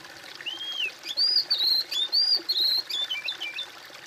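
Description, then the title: A bird sings almost without pause: a low arched whistle, then a fast chain of higher, sliding whistled notes running through to the end. "kOMPILASI suara bird"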